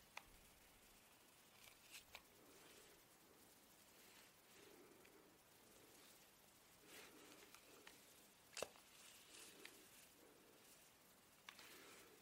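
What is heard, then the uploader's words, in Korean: Quiet swishing of a hair iron gliding through hair in soft repeated strokes, with occasional sharp clicks, the loudest near eight seconds. 슥슥 고데기 하는 소리.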